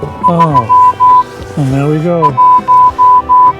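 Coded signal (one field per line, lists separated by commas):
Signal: Morse code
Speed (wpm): 15 wpm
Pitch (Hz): 1000 Hz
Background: speech, music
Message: 31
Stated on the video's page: Morse code audio clip for a puzzle geocache, originally heard through an earpiece.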